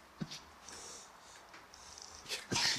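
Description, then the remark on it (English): Two short, rough coughs, one early and a louder, harsher one near the end, with faint breathy hiss in between and no talking. “Hey, why are you coughing in there?”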